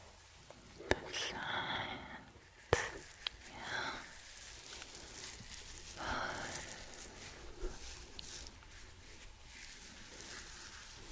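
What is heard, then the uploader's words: Soft rubbing and brushing on skin and hair during a massage, with hushed swishes rising and fading every second or two. Sharp taps or clicks stand out near one and three seconds, and a faint low murmur sits underneath. ASMR Sleepy Scalp Massage & Face Massage.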